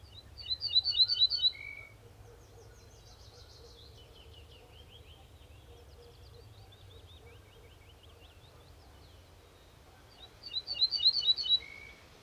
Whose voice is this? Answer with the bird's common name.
Ortolan Bunting